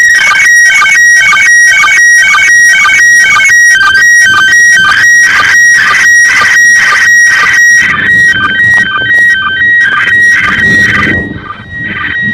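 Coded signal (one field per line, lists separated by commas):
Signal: SSTV (slow-scan television)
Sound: rhythmic warbling tones with steady whistle segments, repeating about twice a second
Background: wind and outdoor noise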